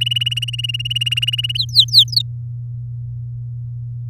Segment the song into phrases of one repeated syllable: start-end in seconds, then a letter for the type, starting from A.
0.01-1.57 A, 1.58-2.22 B